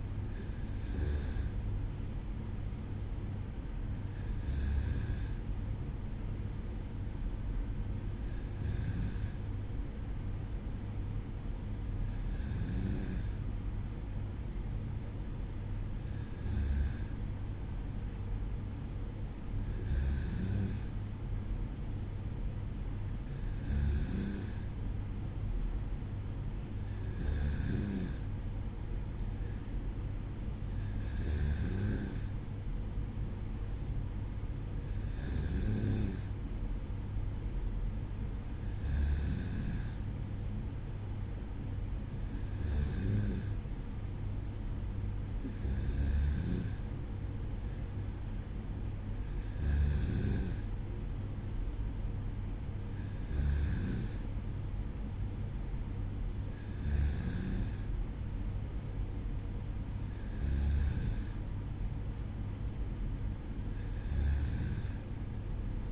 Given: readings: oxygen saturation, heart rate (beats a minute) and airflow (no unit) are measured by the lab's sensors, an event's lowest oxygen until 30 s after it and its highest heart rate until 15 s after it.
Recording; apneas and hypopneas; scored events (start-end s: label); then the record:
breathing in sleep by a smartphone at the bedside; none
none scored
From the record:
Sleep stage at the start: N2 (light sleep); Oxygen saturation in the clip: 94%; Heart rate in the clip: 55 to 57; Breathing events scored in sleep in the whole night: 305 in 9.6 hours asleep